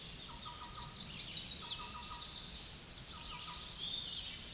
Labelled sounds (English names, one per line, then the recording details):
Chestnut-sided Warbler song
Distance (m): 45 m
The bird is about 5 m above the microphone
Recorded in a Pennsylvania forest on 16 May 2024 at 06:48
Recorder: AudioMoth, point MSD-2391
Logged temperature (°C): 15.0 °C
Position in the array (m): 80 m, 64 m